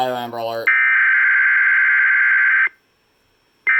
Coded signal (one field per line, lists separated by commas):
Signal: Emergency Alert System (SAME) tones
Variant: header bursts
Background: speech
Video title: EAS 3433 OH Amber Alert